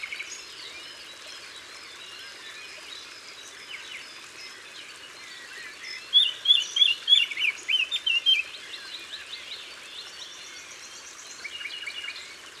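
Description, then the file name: Eurasian blackcap song: a quick series of clear, fluty notes in the middle, surrounded by faint twittering from many other birds. Recorded in Isère, France. "Fauvette-a-tete-noire-Concerts-naturels-de-l Isere-Studio-Les-Trois-Becs"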